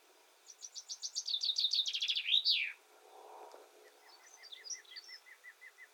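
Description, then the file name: Common chaffinch sings a rattling trill that drops in pitch, finishing with a bright flourish, followed by softer repeated chirps from another bird. "Fringilla coelebs"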